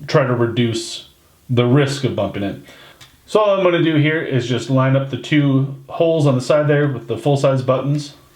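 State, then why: Not seated. A resin replacement bezel for a DW-6600 watch is being handled, its two side holes lined up with the case's full-size buttons. Someone talks throughout, and the bezel has not yet seated or clicked over the buttons by the end.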